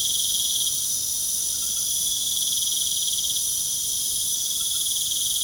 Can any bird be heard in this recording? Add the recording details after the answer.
no. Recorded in pastures near Puerto Asís, Putumayo, Colombia, on 29 June 2025 at 20:00. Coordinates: 0.497, -76.327. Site G040